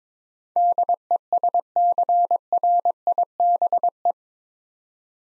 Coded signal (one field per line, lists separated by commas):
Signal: Morse code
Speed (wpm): 22 wpm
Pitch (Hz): 700 Hz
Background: none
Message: DESCRIBE